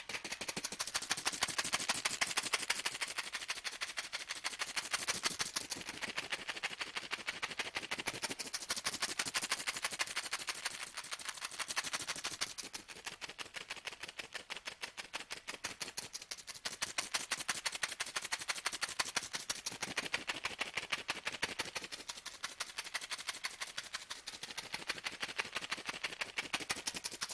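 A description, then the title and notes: Continuous shaking fills the whole recording, a dense, rapid rattle of tiny hits with a bright, hissy edge and little low end. The intensity swells and eases in waves, loudest at the start and softer around the middle, with no pauses. ASMR Sounds of shaking (NO TALKING).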